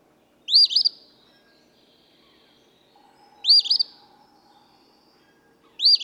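Eastern phoebe's raspy two-note song sounds three times, a few seconds apart, the last one cut short.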